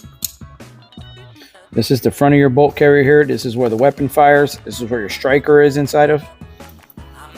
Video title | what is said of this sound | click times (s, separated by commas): How to clean and lube your SIG SAUER RATTLER. CHAMBERED IN .300 BLACKOUT | push it all the way in he that little click should drop right into there | 0.2 s